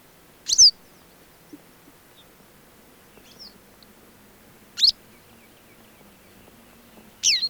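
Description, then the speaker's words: Western Yellow Wagtail song: three short, piercing, high chirps a few seconds apart. Field recording; the voice does not rise into musical phrases, though the bird can burst into a more flowing song than the one heard here. "Keltavästäräkin ääni ei pulpahda musikaalisiksi säkeiksi, vaikka se voi intoutua vuolaampaankin lauluun"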